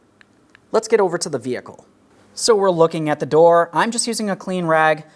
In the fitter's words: We'll listen for an audible click and make sure it's secured so that it does not fall off while we're driving down the road.